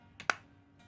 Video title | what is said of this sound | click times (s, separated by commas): realme Wireless Selfie Stick with Tripod, Unboxing & Review And Comparation with WeCool G1 - Gimbal | and i really like it how it how its magnetic and it snaps into place | 0.3 s